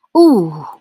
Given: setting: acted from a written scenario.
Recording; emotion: vocal sound without words; pain